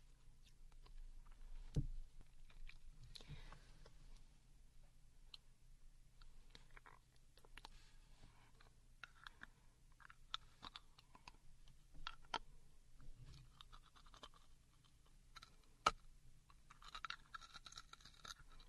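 A woman eats candy, with wet clicks, crunches and mouth sounds scattered irregularly throughout. A low, steady hum sits underneath. Sharper knocks come near 2 and 16 seconds, and a brighter crackling rustle rises in the last two seconds.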